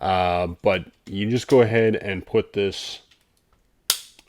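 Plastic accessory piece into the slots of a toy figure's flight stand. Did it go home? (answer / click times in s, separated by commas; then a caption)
yes / 3.9 s. Someone talks as a plastic accessory piece for a Takara Tomy MP-52 Starscream transforming robot figure is pushed onto the two slots of its flight stand. After a short quiet pause, one sharp, loud snap at 3.9 s shows the piece has seated in place.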